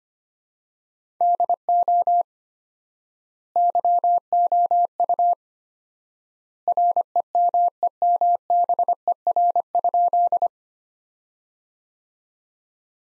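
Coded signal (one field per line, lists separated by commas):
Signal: Morse code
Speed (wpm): 25 wpm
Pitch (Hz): 700 Hz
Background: none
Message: DO YOU REMEMBER?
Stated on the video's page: Morse practice at 25 wpm, sentences from top 400 words sent with 4x standard word spacing, Farnsworth-like method.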